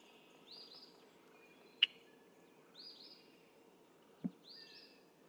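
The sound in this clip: Red-winged blackbird, a brief faint upswept phrase repeated about every two seconds, with two sharp clicks and a faint steady hum underneath.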